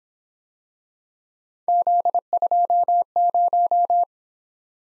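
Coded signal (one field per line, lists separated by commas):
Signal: Morse code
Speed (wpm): 24 wpm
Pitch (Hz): 700 Hz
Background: none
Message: Z20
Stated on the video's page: Speed-Racing Morse drill of three letter-number combinations that starts fast and slows to 17 wpm base speed, then sends a final repeat at maximum speed.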